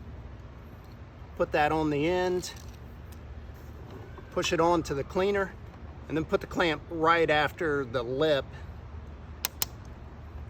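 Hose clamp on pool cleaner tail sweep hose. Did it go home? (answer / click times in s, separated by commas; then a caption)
yes / 9.5 s, 9.6 s. A plastic ratcheting hose clamp is pressed together over the tail sweep hose just behind the lip on a pool cleaner. Someone talks, then two sharp snaps are heard at 9.5 s and 9.6 s. The last snap means the clamp is seated tight.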